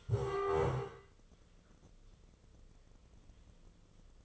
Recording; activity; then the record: daily activity, microphone in the room; stand up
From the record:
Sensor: 4